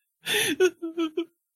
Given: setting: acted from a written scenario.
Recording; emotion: vocal sound without words; sadness